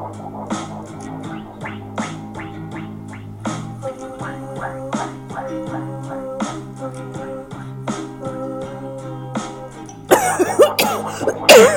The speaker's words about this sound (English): Lan Jian! Wei Yang exclaims, only to start to cough again. He really has inhaled far too much smoke and fumes for tonight, but then they all have.